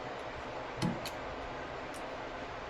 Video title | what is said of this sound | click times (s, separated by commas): Rebuilding and polishing forks and triple clamp // Honda CL175 Sloper Build Ep4 | Pops right into place. | 0.8 s